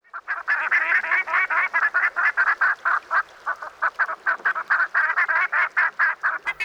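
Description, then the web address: Buff-necked ibis calls: a rapid series of harsh, nasal honking notes, continuing throughout with brief irregular gaps. "darwin 2009. Buff Necked Ibis"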